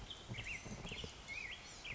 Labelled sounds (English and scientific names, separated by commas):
Black-headed Grosbeak (Pheucticus melanocephalus)